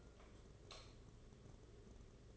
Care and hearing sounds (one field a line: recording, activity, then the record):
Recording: daily activity, microphone in the room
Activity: light off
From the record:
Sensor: 4